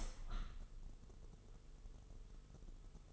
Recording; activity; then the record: daily activity, microphone in the room; open window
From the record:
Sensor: 4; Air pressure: 996.5 hPa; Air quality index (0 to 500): 84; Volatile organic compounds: 4 ppm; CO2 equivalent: 1601 ppm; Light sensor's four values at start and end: 19/53/20/22 and 20/53/20/22